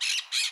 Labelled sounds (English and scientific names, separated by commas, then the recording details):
Brown-throated Parakeet (Eupsittula pertinax) contact call
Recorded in Curacao
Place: Hoffi Jan Thiel
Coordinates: 12.094, -68.877